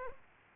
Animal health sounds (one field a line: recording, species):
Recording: mosquito wingbeat signal from an infrared sensor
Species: Aedes aegypti